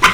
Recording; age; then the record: pig call; piglet (1 to 25 days)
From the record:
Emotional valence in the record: positive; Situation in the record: after nursing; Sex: female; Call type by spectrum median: low-frequency call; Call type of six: high-frequency stable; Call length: 0.14 s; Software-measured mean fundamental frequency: 350 Hz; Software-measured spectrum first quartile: 1161 Hz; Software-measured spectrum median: 1719 Hz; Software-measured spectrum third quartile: 2795 Hz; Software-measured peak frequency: 1199 Hz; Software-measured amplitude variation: 149 dB a second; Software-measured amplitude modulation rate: 3.6 a second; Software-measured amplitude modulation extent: 41.8 dB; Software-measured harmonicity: 0.8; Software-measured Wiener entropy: -1.33